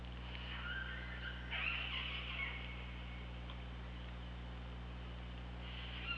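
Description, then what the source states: Orca calls, a few squeaky, wavering tones that rise and bend in the first seconds, with one more brief call near the end, over a constant low underwater hum. Recorded with the OrcaLab hydrophone on 24 August 2017, around 15:17.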